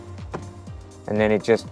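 A magnetic interior side panel is handled on the body of a 1972 Chevrolet Chevelle with a full custom sound system. Over a steady low hum, someone talks, loudest from about 1.1 s to the end. The panel has not snapped back into place yet, and nothing has seated or clicked.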